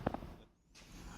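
A release on the sport adapter is pressed and the tablet case adapter comes out of the suction cup mount receiver. A sharp click is heard at 0.1 s, followed by a second, softer click at 0.1 s and a quiet, low rumble. The tablet case is released from the mount.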